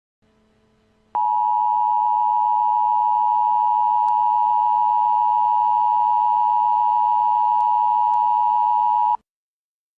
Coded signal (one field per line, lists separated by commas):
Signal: Emergency Alert System (SAME) tones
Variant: 853 and 960 Hz attention tone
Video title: Eas FCC gg